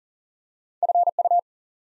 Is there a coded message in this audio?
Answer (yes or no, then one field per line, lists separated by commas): yes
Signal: Morse code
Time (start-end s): 0.8-1.4 s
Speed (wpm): 43 wpm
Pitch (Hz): 700 Hz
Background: none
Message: FU